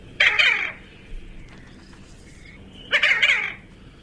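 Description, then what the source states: Diving duck calls, two rough, buzzy bursts about 2.7 seconds apart, each a quick cluster of harsh notes, with quiet background between. Played on a radio show as a contest mystery bird.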